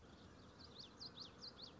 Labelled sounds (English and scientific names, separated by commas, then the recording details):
Common Yellowthroat (Geothlypis trichas)
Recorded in Sonoma County, California